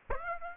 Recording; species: mosquito wingbeat signal from an infrared sensor; Aedes aegypti